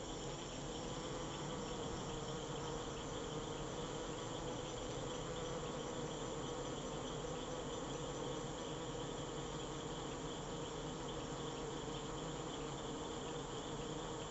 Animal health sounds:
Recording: honeybee defence experiment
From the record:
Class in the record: control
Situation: empty test tube, no live specimens

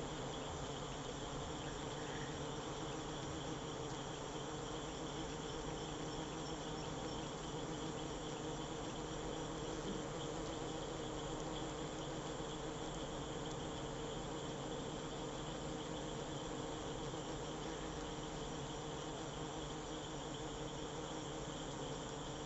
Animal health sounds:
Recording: honeybee defence experiment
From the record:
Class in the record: control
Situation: empty test tube, no live specimens

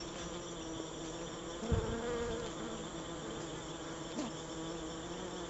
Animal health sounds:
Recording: honeybee defence experiment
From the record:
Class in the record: alert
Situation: Africanized honeybees facing leafcutter ants (Atta)

